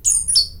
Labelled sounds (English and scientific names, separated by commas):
Stitchbird (Notiomystis cincta) song